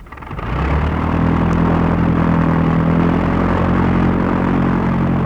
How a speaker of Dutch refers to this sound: De draaiende propeller laat zien dat het vliegtuig zich weer opmaakt om uit Angkorhoek te vertrekken. Is de motor warm gedraaid en is er niemand meer op de landingsbaan, dan gaat het toestel weer verder.